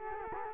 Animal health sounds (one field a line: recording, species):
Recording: mosquito wingbeat signal from an infrared sensor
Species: Culex quinquefasciatus